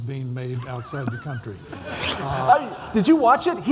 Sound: laughter